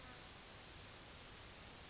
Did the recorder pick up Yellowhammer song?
no